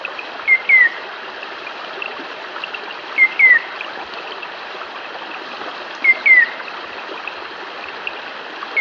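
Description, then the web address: Rufous antpitta song: short paired whistles, a brief note then a falling slurred one, repeated about every three seconds over the steady rush of a stream. South America. "Natures Songs S America Rufous Antpitta"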